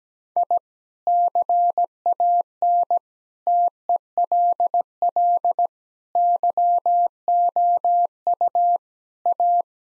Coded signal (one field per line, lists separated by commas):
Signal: Morse code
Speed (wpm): 17 wpm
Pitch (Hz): 700 Hz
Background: none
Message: I CAN TELL YOU A